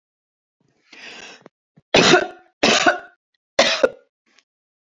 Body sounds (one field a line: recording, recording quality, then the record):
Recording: heavy voluntary cough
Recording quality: excellent, no background noise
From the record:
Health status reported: healthy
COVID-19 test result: not tested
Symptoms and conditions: none ticked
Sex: female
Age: 55 years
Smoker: not ticked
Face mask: not worn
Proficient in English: no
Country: France